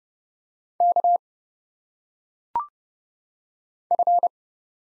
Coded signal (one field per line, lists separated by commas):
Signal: Morse code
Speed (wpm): 29 wpm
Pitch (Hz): 700 Hz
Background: none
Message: K F